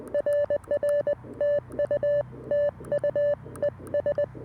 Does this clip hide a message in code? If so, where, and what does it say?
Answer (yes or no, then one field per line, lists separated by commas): yes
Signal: Morse code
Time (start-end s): 0.1-4.2 s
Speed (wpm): 20 wpm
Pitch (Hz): 580 Hz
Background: none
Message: RR TU TU ES